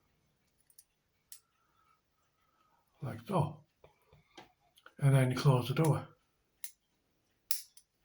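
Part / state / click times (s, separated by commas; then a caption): hinged blade door closing onto a safety razor head / seated / 7.5 s. Someone talks while a blade sits on the pins of a vintage V16 Valet AutoStrop safety razor from around 1928 to 1935, with a few faint small clicks and taps in between. The razor's side-hinged metal blade door is then swung shut, and it clicks into place with a sharp snap at 7.5 s.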